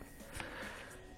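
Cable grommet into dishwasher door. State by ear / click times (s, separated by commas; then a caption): not seated / none. A plastic cable grommet (cable pass-through) is handled and brought up to its top clip point on a dishwasher door, with low handling noise and a brief sharp tick near 0.4 seconds over faint background music. Nothing has seated or clicked yet; the clip ends just before the grommet goes home.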